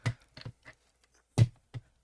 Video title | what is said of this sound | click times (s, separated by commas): Wild King Optimus Prime and Light Long (Random Review) | Now give Optimus a push on the head just to hear that click. | 0.1 s, 1.4 s